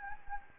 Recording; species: mosquito wingbeat signal from an infrared sensor; Anopheles gambiae